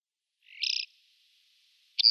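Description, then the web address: Bar-tailed lark song: a short burry, high note that swells and breaks off, followed by a faint trailing tone and the start of another sharp note, quiet background. "Schulze Peter Bar-tailed Lark song"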